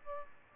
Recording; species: mosquito wingbeat signal from an infrared sensor; Aedes albopictus